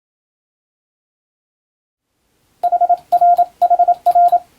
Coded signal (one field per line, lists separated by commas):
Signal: Morse code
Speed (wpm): 27 wpm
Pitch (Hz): 700 Hz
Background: none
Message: HRHR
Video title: 毎日聴こう！ＣＷモールスラーニング！YouTubeの再生速度を調整してアマチュア無線ハムのCW受信練習に聴いてみよう！無線通信士国家試験の練習風景です。(morse code practice)